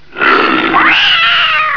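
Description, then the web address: Cat giving a loud, drawn-out yowling meow that swoops upward partway through, then holds a strained, wavering tone until the end. Domestic cat. "特酷声音素材库 动物 家畜 猫 CAT"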